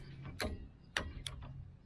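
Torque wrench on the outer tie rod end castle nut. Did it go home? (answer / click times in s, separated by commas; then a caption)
yes / 1.0 s. A torque wrench tightens the castle nut on the outer tie rod end stud of a 2005 Chevy Silverado Cateye until it clicks at the set torque. Softer ratchet-like ticks come before the sharp, bright click at 0.9 s, followed by a lighter tick. The wrench reaches its setting and the nut is torqued.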